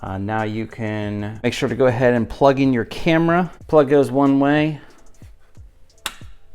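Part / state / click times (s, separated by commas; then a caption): front camera wiring connector into its mating plug / seated / 6.1 s. Someone talks while the front camera wiring connector of a BMW F90 M5 is pushed into its mating plug during reinstallation of a Project Gamma intake; the plug only fits one way. After the talking stops, one short, sharp click is heard at 6.1 s as the connector seats.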